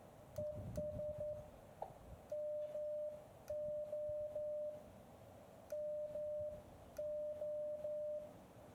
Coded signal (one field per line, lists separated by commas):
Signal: Morse code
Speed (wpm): 11 wpm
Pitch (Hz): 600 Hz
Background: none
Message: ES MOM O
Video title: Ham Radio in 360 Virtual Reality | Elecraft KX2 | Garmin Virb 360